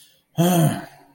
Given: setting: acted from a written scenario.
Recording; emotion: vocal sound without words; anger